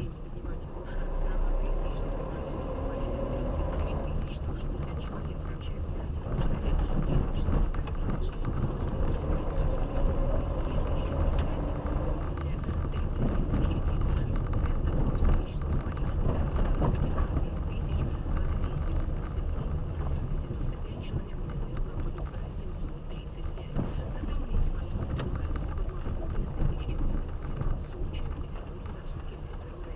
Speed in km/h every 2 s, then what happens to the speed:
17, 18, 24, 22, 21, 20, 29, 29, 27, 23, 19, 12, 11, 12, 14.
0-4 speeds up to 24. 4-14 steady at about 22. 14-21 slows to 12. 21-30 steady at about 12.